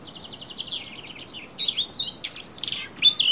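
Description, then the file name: Eurasian blackcap song: a fast, rich warble of varied high notes, quick trills and clear whistled slurs, ending in bright piercing whistles, over faint low background hiss. "Sylvia atricapilla"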